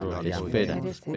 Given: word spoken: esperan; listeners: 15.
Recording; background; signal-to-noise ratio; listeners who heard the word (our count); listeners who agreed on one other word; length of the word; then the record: one Spanish word in noise, from a listening test; four-talker babble; 0.7 dB; 1 of 15; 9 of 15; 0.76 s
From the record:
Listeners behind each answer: 9, 1, 1, 1, 1, 1, 1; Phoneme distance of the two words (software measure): 7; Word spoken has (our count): 3 syllables, 7 phonemes, stress on syllable 2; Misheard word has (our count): 3 syllables, 6 phonemes, stress on syllable 2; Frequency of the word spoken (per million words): 25.85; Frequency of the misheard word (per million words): 123.55